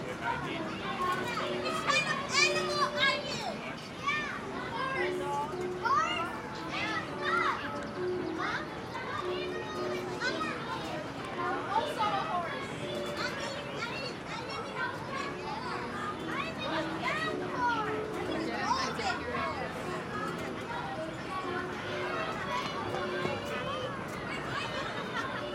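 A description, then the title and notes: A crowded outdoor scene at a New York carousel, with constant overlapping chatter and children's voices calling and shouting throughout. A repeating tune of steady, regular notes runs underneath the whole time, and the level stays busy and even across the clip. Ext. NYC - Carousel. NYC - Carousel by Bandeto.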